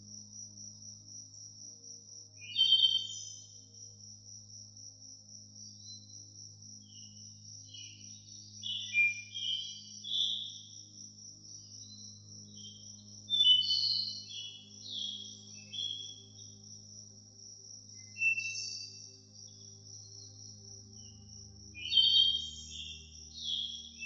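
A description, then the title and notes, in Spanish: Birds chirp and twitter in bright, quick bursts around 3, 10, 14, 19 and 23 seconds over soft music, a low sustained drone that shifts near the end. A steady high, cricket-like trill runs throughout. Sumérgete en el corazón del bosque con nuestro episodio, donde el sonido auténtico de los pájaros se mezcla con la música suave para crear una atmósfera tranquilizadora.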